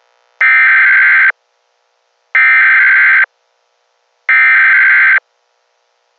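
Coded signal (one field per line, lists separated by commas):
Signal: Emergency Alert System (SAME) tones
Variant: header bursts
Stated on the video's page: Fictional EAS scenario about a zombie apocalypse, not a real alert.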